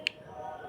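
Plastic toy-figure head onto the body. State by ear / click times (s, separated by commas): not seated / none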